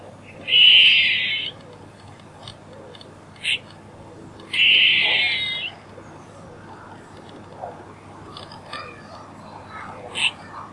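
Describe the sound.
Squirrel giving two rasping, buzzy calls about four seconds apart, with a few short high ticks and clicks scattered between them.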